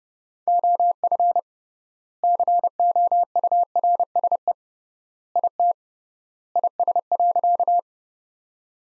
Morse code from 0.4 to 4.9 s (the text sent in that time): OF COURSE